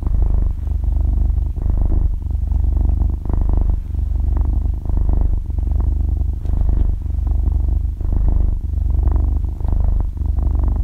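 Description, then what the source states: Domestic cat giving a deep continuous purr, its rumble rising and falling with breathing roughly every one and a half seconds, otherwise quiet. Cat purring while breathing, described in Vietnamese as 'thở kêu rù rù'.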